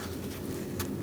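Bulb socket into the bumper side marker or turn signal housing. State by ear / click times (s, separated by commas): not seated / none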